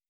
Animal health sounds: hydrophone in a shrimp aquaculture tank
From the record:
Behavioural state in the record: stressed

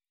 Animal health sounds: hydrophone in a shrimp aquaculture tank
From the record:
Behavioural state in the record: weakened

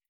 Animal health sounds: hydrophone in a shrimp aquaculture tank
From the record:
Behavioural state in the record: starved

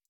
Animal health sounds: hydrophone in a shrimp aquaculture tank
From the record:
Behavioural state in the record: stressed

